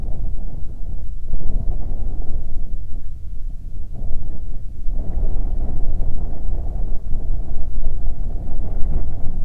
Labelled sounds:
songbird
wind
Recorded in the Prudhoe Bay oil fields, Alaska, on 8 July 2019 at 01:55
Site 25

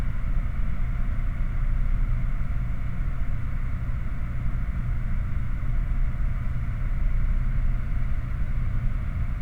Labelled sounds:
machinery
flare stack
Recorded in the Prudhoe Bay oil fields, Alaska, on 30 July 2019 at 22:34
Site 29

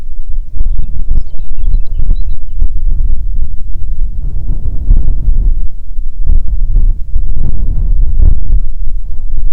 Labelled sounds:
songbird
wind
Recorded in the Prudhoe Bay oil fields, Alaska, on 6 June 2019 at 03:46
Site 16

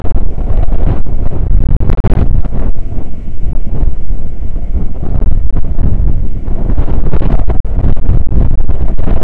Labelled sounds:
wind
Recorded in the Prudhoe Bay oil fields, Alaska, on 9 August 2019 at 00:05
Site 29

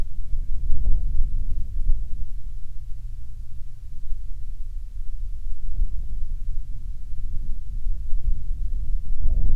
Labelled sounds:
wind
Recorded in the Prudhoe Bay oil fields, Alaska, on 30 June 2019 at 00:31
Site 22

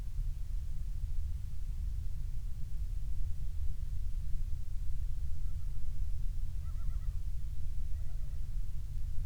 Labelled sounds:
bird
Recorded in the Prudhoe Bay oil fields, Alaska, on 12 July 2019 at 02:27
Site 16

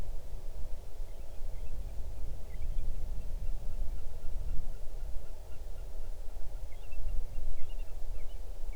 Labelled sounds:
bird
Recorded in the Arctic National Wildlife Refuge, Alaska, on 8 June 2019 at 00:22
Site 40

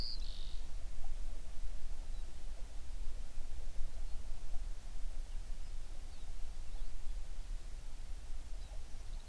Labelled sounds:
songbird
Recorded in the Prudhoe Bay oil fields, Alaska, on 11 June 2019 at 04:57
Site 21

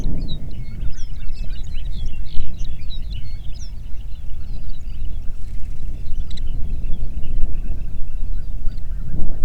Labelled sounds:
songbird
wind
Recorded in the Prudhoe Bay oil fields, Alaska, on 8 June 2019 at 05:20
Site 30

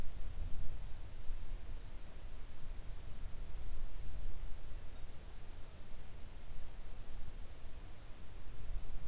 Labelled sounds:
near silence
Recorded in the Arctic National Wildlife Refuge, Alaska, on 3 August 2019 at 06:11
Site 41

